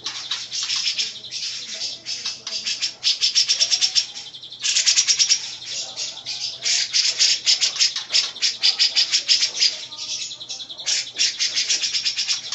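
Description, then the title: Grey-cheeked bulbul chattering in quick harsh bursts, several notes a second, with brief breaks between runs. Female. "Cucak Jenggot Betina"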